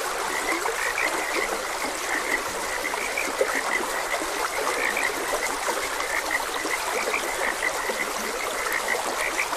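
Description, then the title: Frog chorus with rapid, overlapping croaks repeating steadily, accompanied by a constant wash of stream noise. Frogs croaking beside a gentle stream. "Gentle Stream and Frogs Croaking"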